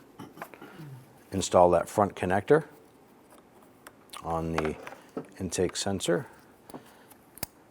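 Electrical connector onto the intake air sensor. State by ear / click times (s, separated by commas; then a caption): seated / 7.4 s. Someone talks while an electrical connector is pushed onto the intake air sensor of a 2005-2010 Chrysler 300, with a few faint taps and small handling sounds. A sharp click at 7.4 s marks the connector seating, and the red lock tab is then pressed to lock it in place.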